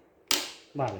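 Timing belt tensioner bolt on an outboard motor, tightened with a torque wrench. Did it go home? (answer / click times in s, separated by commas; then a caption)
yes / 0.3 s. A torque wrench set to 40 lb tightens the timing belt tensioner bolt on a Honda BF50 4-stroke outboard motor. It gives a sharp click at 0.3 s, showing that the wrench reached its setting. At about 0.75 s someone talks.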